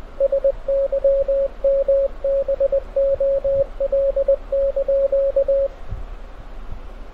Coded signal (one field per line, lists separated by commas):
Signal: Morse code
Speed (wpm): 20 wpm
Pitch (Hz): 550 Hz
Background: radio noise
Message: SYMBOL)